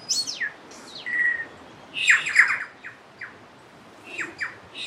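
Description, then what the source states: Bird with swooping high notes, a long level whistle, then metallic chirps and a few soft trailing calls. Birds nicknamed Star Wars birds, recorded along the Turangi River loop, New Zealand.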